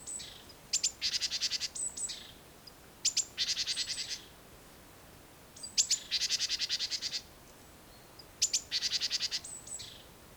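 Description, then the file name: Great tit churring: thin high notes leading into fast, harsh rattling churrs, four phrases with gaps between them, set against constant background hiss. "Parus major"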